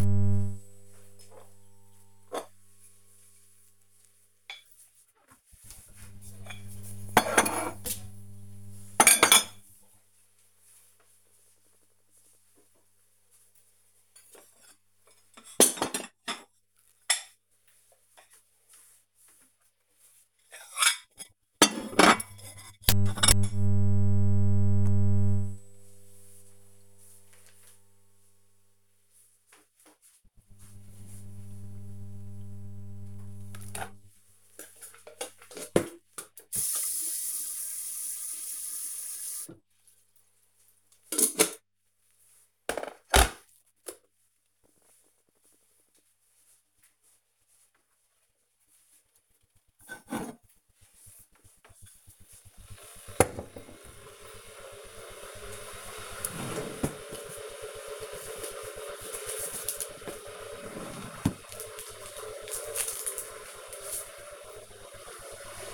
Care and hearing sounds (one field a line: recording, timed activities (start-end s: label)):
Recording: household activities, microphone on the right wrist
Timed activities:
0.00-25.21 s: putting away the dishes
32.27-65.74 s: making tea